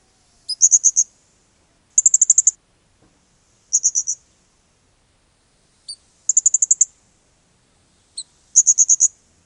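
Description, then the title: Blue-crowned hanging parrot uttering short, very high-pitched rattling trills every one and a half to two and a half seconds, several introduced by a brief sharp chip. "SERINDIT"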